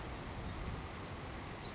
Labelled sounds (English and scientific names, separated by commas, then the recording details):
Savannah Sparrow (Passerculus sandwichensis)
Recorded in Sonoma County, California